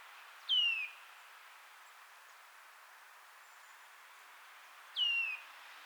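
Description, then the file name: Eurasian nuthatch giving two clear, slightly descending piping calls about four and a half seconds apart against faint hiss. "Sitta europaea"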